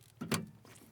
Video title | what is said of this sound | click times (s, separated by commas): How to Replace Headlight Bulbs - Honda Odyssey (2011-2017) LOW BEAM | you'll hear that click in place and you're all set | 0.3 s